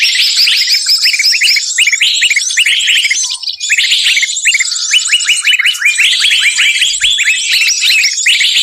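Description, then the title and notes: Bird chorus of fast, sharp chirps and twittering notes, overlapping and continuous with only a brief dip in the middle. Compilation of lure calls for drawing in wary birds that are hard to bring close. "Suara Burung Bandel Yang Susah Mendekati. Kompilasi Suara Pikat Burung"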